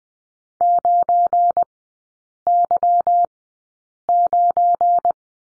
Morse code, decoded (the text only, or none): 9Y9